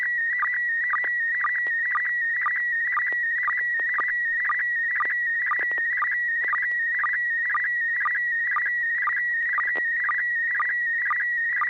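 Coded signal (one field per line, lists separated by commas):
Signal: SSTV (slow-scan television)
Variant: PD120 mode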